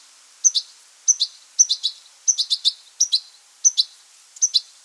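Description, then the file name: European goldfinch calls: short high twittering notes in clusters of two to four, repeated about every half second to second, clean background. "Carduelis carduelis"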